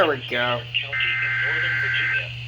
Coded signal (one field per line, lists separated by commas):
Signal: Emergency Alert System (SAME) tones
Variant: header bursts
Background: speech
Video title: eas alerts from April 15 2024 (read description)